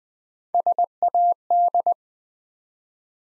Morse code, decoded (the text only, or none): SAD